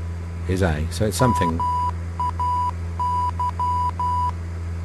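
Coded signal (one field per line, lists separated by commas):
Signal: Morse code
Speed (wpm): 12 wpm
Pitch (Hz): 990 Hz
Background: speech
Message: MAY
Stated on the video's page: Simulated in Flight Simulator X during a cross-country flight.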